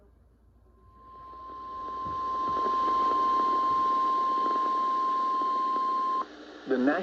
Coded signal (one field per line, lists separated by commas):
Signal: Emergency Alert System (SAME) tones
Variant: 1050 Hz attention tone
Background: speech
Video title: EAS #1718 Severe Thunderstorm Watch on KXI58